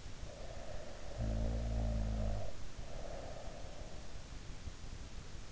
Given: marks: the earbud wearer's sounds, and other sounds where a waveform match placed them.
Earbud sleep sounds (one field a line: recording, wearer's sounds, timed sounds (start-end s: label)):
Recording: sounds in sleep by an in-ear microphone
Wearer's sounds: snoring breath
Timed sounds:
0.14-3.99 s: snoring breath